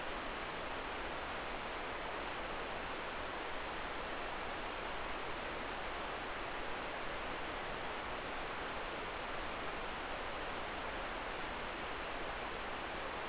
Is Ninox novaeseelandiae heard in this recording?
no